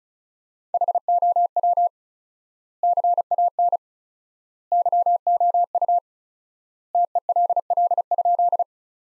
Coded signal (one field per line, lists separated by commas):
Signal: Morse code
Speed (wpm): 34 wpm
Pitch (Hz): 700 Hz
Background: none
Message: HOW CAN YOU TELL?